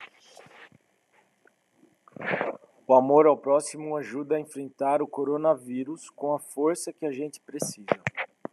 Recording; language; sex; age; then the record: spoken sentence; Brazilian Portuguese; male; 40 to 49 years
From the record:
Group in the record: control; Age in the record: 43 years